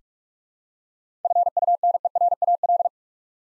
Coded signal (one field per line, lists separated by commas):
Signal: Morse code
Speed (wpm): 46 wpm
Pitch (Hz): 700 Hz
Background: none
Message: FUNERAL